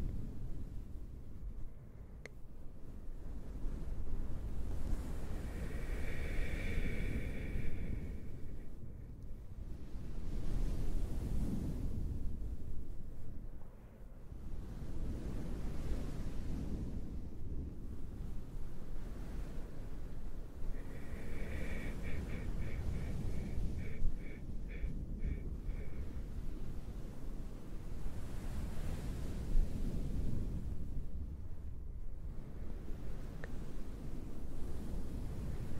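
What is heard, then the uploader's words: A towel swished in slow, wave-like swells of low rushing noise every few seconds, with brief squeaky fluttering around six and twenty-three seconds. Oceanwave-like towel sounds.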